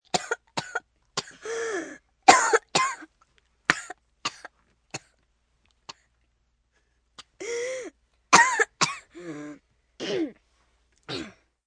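An adult coughing in repeated bursts, with strained, gasping breaths drawn in between the coughs, acted as a sick sound.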